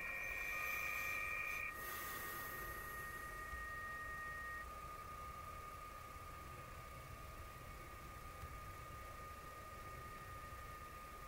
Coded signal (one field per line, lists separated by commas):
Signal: PSK31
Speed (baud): 31.25 baud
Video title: Versuche QRP Verbindungen im 15 m Band in PSK31 aus dem Bully T4 mit 4 Watt [ [DL4DP und DO7DP]